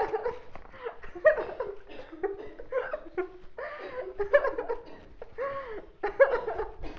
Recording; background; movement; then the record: laughter; a bystander coughing; walking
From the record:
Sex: female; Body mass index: 18.8 kg/m2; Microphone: on the chest, facing outward